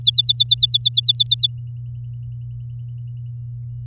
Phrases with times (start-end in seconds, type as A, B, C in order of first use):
0.01-1.47 A